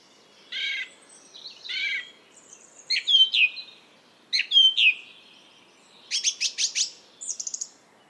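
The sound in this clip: Bird calls in a varied series: buzzy rasping notes, then sharp whistled slurs, and finally quick high chips in rapid clusters.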